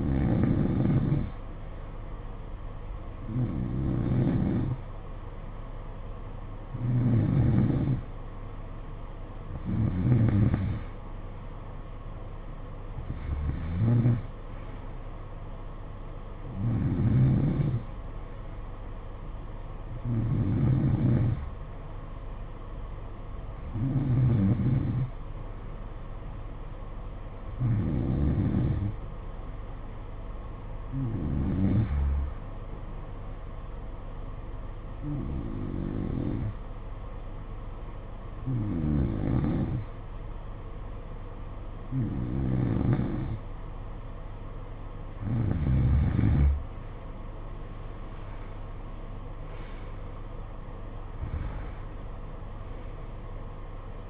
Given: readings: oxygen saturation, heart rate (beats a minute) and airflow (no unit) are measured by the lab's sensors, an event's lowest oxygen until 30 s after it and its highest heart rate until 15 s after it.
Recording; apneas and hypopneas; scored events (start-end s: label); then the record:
breathing in sleep by a smartphone at the bedside; 1
22.00-44.30 s: hypopnea (N2, oxygen 92% highest, then 89% lowest, heart rate 60 at the start, 66 highest)
32.00-54.10 s: new sleep stage, N3 (deep sleep)
From the record:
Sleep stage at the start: N2 (light sleep); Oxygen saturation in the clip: 89 to 92%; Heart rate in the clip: 56 to 66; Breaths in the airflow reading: 16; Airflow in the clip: -13.8 to 9.9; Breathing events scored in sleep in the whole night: 476 in 9.7 hours asleep